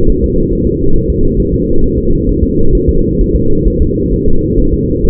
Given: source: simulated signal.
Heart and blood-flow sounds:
fetal heart sounds
0.10 s: S1
0.24 s: S2
0.53 s: S1
0.67 s: S2
0.96 s: S1
1.10 s: S2
1.40 s: S1
1.54 s: S2
1.84 s: S1
1.98 s: S2
2.29 s: S1
2.43 s: S2
2.75 s: S1
2.89 s: S2
3.21 s: S1
3.36 s: S2
3.68 s: S1
3.82 s: S2
4.14 s: S1
4.28 s: S2
4.59 s: S1
4.73 s: S2
5.05 s: S1
From the record:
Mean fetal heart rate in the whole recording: 135 bpm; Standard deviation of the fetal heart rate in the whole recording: 3 bpm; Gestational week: 36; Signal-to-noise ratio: -19.1 dB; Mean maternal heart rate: 72 bpm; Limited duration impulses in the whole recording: present

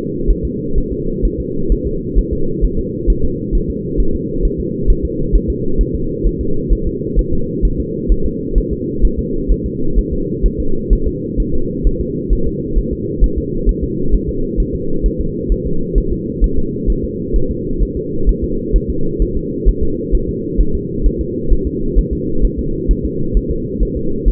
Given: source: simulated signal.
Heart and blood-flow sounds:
fetal heart sounds
0.30 s: S1
0.45 s: S2
0.78 s: S1
0.92 s: S2
1.25 s: S1
1.40 s: S2
1.72 s: S1
1.87 s: S2
2.19 s: S1
2.33 s: S2
2.64 s: S1
2.79 s: S2
3.10 s: S1
3.25 s: S2
3.55 s: S1
3.70 s: S2
4.00 s: S1
4.15 s: S2
4.45 s: S1
4.60 s: S2
4.90 s: S1
5.05 s: S2
5.35 s: S1
5.50 s: S2
5.81 s: S1
5.95 s: S2
6.27 s: S1
6.41 s: S2
6.73 s: S1
6.87 s: S2
7.19 s: S1
7.33 s: S2
7.65 s: S1
7.80 s: S2
8.12 s: S1
8.26 s: S2
8.58 s: S1
8.73 s: S2
9.05 s: S1
9.19 s: S2
9.52 s: S1
9.66 s: S2
9.98 s: S1
10.13 s: S2
10.46 s: S1
10.60 s: S2
10.93 s: S1
11.07 s: S2
11.40 s: S1
11.55 s: S2
11.87 s: S1
12.01 s: S2
12.33 s: S1
12.47 s: S2
12.78 s: S1
12.93 s: S2
13.24 s: S1
13.38 s: S2
13.69 s: S1
13.84 s: S2
14.14 s: S1
14.29 s: S2
14.60 s: S1
14.75 s: S2
15.06 s: S1
15.20 s: S2
15.52 s: S1
15.67 s: S2
15.98 s: S1
16.12 s: S2
16.44 s: S1
16.58 s: S2
16.90 s: S1
17.05 s: S2
17.36 s: S1
17.51 s: S2
17.83 s: S1
17.97 s: S2
18.29 s: S1
18.44 s: S2
18.76 s: S1
18.90 s: S2
19.22 s: S1
19.37 s: S2
19.69 s: S1
19.83 s: S2
20.15 s: S1
20.29 s: S2
20.61 s: S1
20.75 s: S2
21.06 s: S1
21.21 s: S2
21.52 s: S1
21.67 s: S2
21.98 s: S1
22.13 s: S2
22.45 s: S1
22.59 s: S2
22.91 s: S1
23.05 s: S2
23.37 s: S1
23.51 s: S2
23.83 s: S1
23.97 s: S2
24.28 s: S1
From the record:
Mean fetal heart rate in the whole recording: 130 bpm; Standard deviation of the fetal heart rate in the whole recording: 2 bpm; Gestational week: 36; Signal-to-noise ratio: -8.1 dB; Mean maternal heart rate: 72 bpm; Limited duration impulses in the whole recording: absent

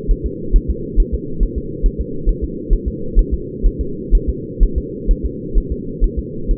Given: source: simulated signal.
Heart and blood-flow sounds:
fetal heart sounds
0.11 s: S1
0.26 s: S2
0.56 s: S1
0.70 s: S2
1.00 s: S1
1.14 s: S2
1.43 s: S1
1.58 s: S2
1.86 s: S1
2.01 s: S2
2.29 s: S1
2.44 s: S2
2.73 s: S1
2.88 s: S2
3.19 s: S1
3.34 s: S2
3.66 s: S1
3.81 s: S2
4.15 s: S1
4.30 s: S2
4.63 s: S1
4.78 s: S2
5.11 s: S1
5.26 s: S2
5.58 s: S1
5.72 s: S2
6.04 s: S1
6.19 s: S2
6.51 s: S1
From the record:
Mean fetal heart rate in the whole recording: 130 bpm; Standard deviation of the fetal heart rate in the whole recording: 4 bpm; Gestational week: 38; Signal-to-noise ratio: -4.3 dB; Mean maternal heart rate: 72 bpm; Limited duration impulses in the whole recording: present

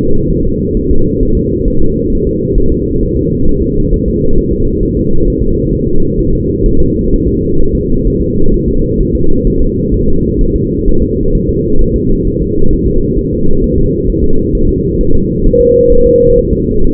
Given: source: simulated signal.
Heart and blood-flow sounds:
fetal heart sounds
0.31 s: S1
0.45 s: S2
0.77 s: S1
0.91 s: S2
1.23 s: S1
1.37 s: S2
1.68 s: S1
1.82 s: S2
2.13 s: S1
2.27 s: S2
2.58 s: S1
2.72 s: S2
3.03 s: S1
3.17 s: S2
3.48 s: S1
3.63 s: S2
3.94 s: S1
4.08 s: S2
4.38 s: S1
4.53 s: S2
4.83 s: S1
4.97 s: S2
5.28 s: S1
5.42 s: S2
5.73 s: S1
5.87 s: S2
6.19 s: S1
6.33 s: S2
6.66 s: S1
6.80 s: S2
7.13 s: S1
7.28 s: S2
7.61 s: S1
7.75 s: S2
8.07 s: S1
8.22 s: S2
8.54 s: S1
8.68 s: S2
9.01 s: S1
9.15 s: S2
9.47 s: S1
9.62 s: S2
9.94 s: S1
10.08 s: S2
10.41 s: S1
10.56 s: S2
10.88 s: S1
11.03 s: S2
11.35 s: S1
11.49 s: S2
11.81 s: S1
11.96 s: S2
12.27 s: S1
12.42 s: S2
12.73 s: S1
12.87 s: S2
13.19 s: S1
13.33 s: S2
13.64 s: S1
13.78 s: S2
14.09 s: S1
14.24 s: S2
14.55 s: S1
14.69 s: S2
15.01 s: S1
15.15 s: S2
15.47 s: S1
15.61 s: S2
15.92 s: S1
16.07 s: S2
16.38 s: S1
16.53 s: S2
16.84 s: S1
From the record:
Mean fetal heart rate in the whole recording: 130 bpm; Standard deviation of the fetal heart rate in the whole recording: 4 bpm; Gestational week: 38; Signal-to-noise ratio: -19.1 dB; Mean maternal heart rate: 72 bpm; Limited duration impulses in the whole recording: present

